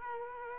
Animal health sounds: mosquito wingbeat signal from an infrared sensor; Culex quinquefasciatus

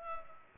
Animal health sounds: mosquito wingbeat signal from an infrared sensor; Culex pipiens

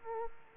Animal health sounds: mosquito wingbeat signal from an infrared sensor; Aedes aegypti

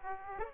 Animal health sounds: mosquito wingbeat signal from an infrared sensor; Aedes aegypti

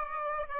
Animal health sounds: mosquito wingbeat signal from an infrared sensor; Aedes aegypti

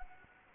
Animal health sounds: mosquito wingbeat signal from an infrared sensor; Anopheles arabiensis

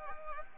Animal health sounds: mosquito wingbeat signal from an infrared sensor; Anopheles arabiensis

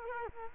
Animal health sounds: mosquito wingbeat signal from an infrared sensor; Culex quinquefasciatus

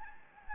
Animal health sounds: mosquito wingbeat signal from an infrared sensor; Anopheles gambiae

